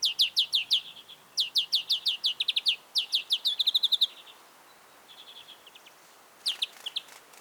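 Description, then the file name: European greenfinch giving quick series of sharp, high chirps, then a softer, faster twitter, a pause, and a few final chirps. "Chloris chloris"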